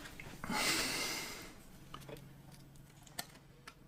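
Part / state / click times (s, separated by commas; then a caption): crank arm safety locking plate into the crank arm on the bottom bracket axle / seated / 3.2 s. A crank arm's small safety locking plate is pushed into the crank arm on the bottom bracket axle after the preload cap has been set by feel. Faint taps and a broad hiss come first, then the plate snaps into place with a sharp click at 3.2 s, confirming it is seated.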